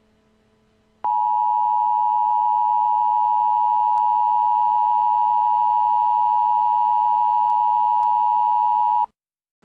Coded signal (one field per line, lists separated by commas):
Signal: Emergency Alert System (SAME) tones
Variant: 853 and 960 Hz attention tone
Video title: EAS Scenario : Liberty City Zombie Attack